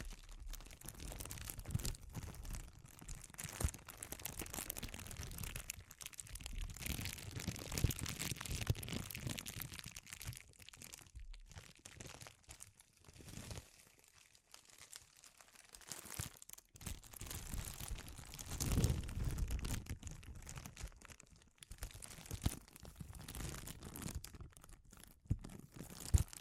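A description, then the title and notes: Uneven crinkling comes in dense bursts around 0–10 and 16–20 seconds, separated by quieter patches with a few sharp crackles toward the end. ASMR Sensitive Crinkles (No Talking).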